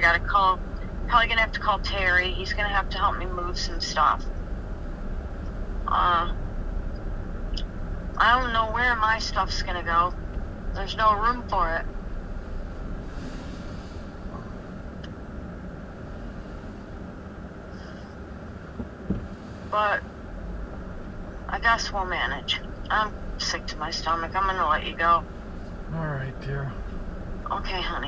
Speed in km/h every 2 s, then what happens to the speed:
10, 10, 10, 11, 10, 10, 6, 0, 0, 0, 0, 0, 6, 8.
0-10 steady at about 10. 10-13 slows to 0. 13-22 standing. 22-28 pulls away to 8.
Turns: none.